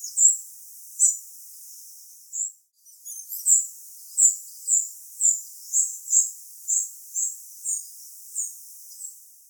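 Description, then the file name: Spotted flycatcher calling with thin, very high, short squeaky notes, repeated roughly twice a second after a brief early pause. "Gra flugsnappare"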